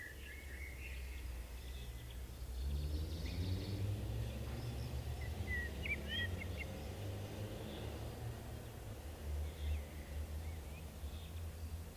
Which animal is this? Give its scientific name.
Turdus merula